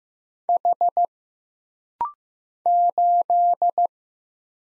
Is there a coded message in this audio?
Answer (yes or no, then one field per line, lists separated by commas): yes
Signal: Morse code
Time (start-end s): 0.5-3.9 s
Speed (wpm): 15 wpm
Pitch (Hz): 700 Hz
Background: none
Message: H 8